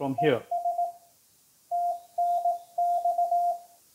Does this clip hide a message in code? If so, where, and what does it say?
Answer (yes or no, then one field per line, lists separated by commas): yes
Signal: Morse code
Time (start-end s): 0.2-3.5 s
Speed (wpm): 18 wpm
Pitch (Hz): 700 Hz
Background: speech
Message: ES TNX